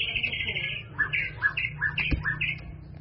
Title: murai batu